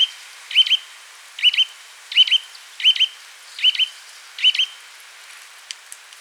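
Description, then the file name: Eurasian nuthatch making emphatic single and paired call notes in a brisk series, then a few faint clicks near the end. "Sitta europaea"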